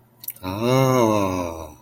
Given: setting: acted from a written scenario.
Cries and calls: vocal sound without words; adoration

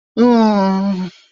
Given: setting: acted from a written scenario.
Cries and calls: vocal sound without words; disappointment

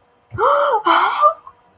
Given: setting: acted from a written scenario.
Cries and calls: vocal sound without words; positive surprise

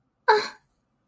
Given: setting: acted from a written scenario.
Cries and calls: vocal sound without words; pain

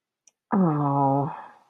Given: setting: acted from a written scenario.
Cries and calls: vocal sound without words; guilt

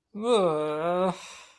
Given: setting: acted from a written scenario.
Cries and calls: vocal sound without words; negative surprise

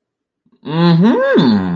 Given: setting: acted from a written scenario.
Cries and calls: vocal sound without words; realization

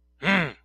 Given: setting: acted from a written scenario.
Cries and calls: vocal sound without words; anger

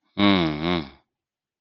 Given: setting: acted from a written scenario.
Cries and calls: vocal sound without words; sympathy

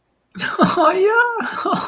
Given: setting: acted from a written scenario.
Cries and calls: vocal sound without words; elation

